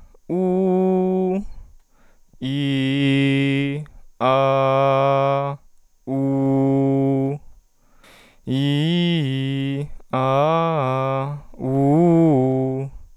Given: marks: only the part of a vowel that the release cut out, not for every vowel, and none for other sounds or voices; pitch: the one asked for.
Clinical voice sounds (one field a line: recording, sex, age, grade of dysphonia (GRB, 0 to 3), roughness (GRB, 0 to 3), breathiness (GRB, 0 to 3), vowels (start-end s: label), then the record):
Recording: sustained vowels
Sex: male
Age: 20 to 29 years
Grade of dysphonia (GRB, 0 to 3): 0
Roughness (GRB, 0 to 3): 0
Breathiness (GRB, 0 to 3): 0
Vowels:
0.36-1.34 s: vowel /u/, high pitch
2.50-3.69 s: vowel /i/, low pitch
4.30-5.43 s: vowel /a/, low pitch
6.14-7.30 s: vowel /u/, low pitch
8.55-9.77 s: vowel /i/, low-high-low pitch
10.19-11.22 s: vowel /a/, low-high-low pitch
11.68-12.79 s: vowel /u/, low-high-low pitch
From the record:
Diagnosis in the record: healthy voice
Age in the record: 26 years